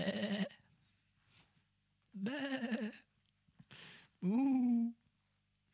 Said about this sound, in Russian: А что это за блеяние овец в ушах моих и мычание волов, которое я слышу?